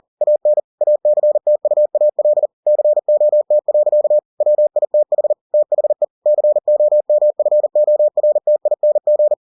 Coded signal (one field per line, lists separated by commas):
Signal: Morse code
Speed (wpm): 40 wpm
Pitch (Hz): 600 Hz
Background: none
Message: AN ACTUAL COT. WITH THE COMFORTING